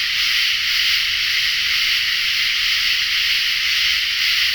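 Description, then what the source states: Katydid song: dense, continuous, high hissing buzz that barely changes. Probably two katydids, recorded in a forest in Tennessee in late summer.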